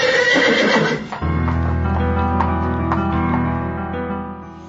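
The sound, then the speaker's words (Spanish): A horse lets out a loud, shaky whinny that breaks into a long, rich neigh with a quavering, descending pitch, while faint hoofbeats clop in the background. Two white thoroughbred horses pull a gold-inlaid royal carriage. “La carroza real del príncipe de Verona, de nombre Escalo, apareció con su corte real y su coche empotrado en oro y tirado por dos hermosos caballos blancos de pura sangre.”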